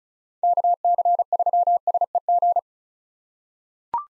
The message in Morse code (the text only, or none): KC3SEG